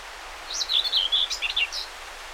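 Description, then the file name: Common whitethroat song: one quick scratchy, jerky warble of rapid chattering notes lasting about a second, over light background hiss. Recorded 20 May 2009. "20090520 whitethroat"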